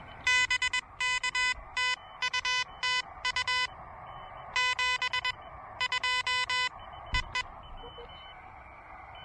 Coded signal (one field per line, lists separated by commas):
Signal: Morse code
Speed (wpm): 21 wpm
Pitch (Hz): 2000 Hz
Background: radio noise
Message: BK TU TU 72 EE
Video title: Elecraft KH1 Pedestrian Mobile Quickie POTA Activation!